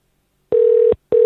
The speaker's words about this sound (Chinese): 好，依家我哋听下一个嘅益友嘅电话啦。电话咧就系正在接通当中嘅。